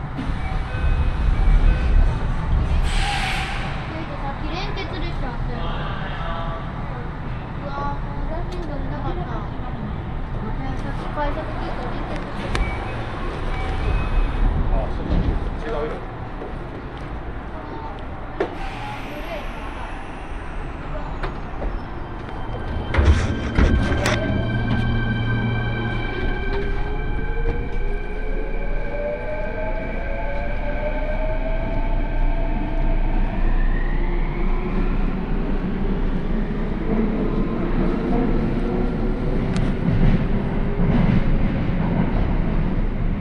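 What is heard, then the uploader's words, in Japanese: A train ride: a steady low rumble of the carriage runs throughout, with faint voices now and then. Around the middle come sharp clanks and a bright ringing tone, then from about 25 seconds rising whines as the train changes speed. 鉄道旅 汐見橋→岸里玉出→なんば→大物。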